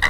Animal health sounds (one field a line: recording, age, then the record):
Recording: pig call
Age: piglet (1 to 25 days)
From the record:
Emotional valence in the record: positive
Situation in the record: reunion after long isolation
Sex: male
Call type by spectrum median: low-frequency call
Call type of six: low-frequency tonal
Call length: 0.11 s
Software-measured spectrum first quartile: 382 Hz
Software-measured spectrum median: 1558 Hz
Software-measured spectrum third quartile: 2105 Hz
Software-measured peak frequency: 1978 Hz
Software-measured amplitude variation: 109 dB a second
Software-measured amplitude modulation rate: 9.4 a second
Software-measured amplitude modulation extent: 11.6 dB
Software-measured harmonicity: 5.5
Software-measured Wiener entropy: -1.69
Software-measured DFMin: 907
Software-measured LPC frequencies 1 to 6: 1007, 1961, 2981, 3836, 4992, 5949 Hz